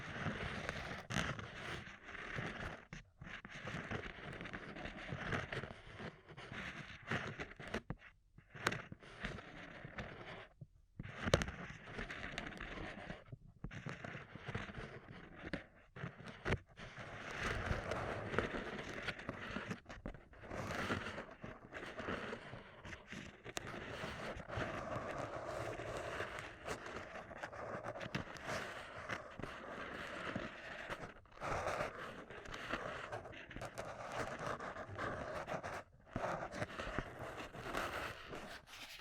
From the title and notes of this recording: Extremely Tingly Ear Cupping Triggers ASMR (No Talking).